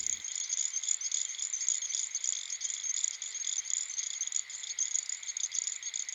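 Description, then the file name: Little grass frog calling: shrill, high-pitched chirps pulsing continuously, thin and insect-like, with no other clear sounds. "dan gibsons solitudes little grass frog"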